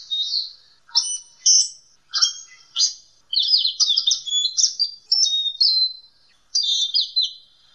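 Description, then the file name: Lory whistling in short, high, chattering phrases, with quick trills and descending slurred notes, pausing irregularly between bursts. "nuri tanau omkicau"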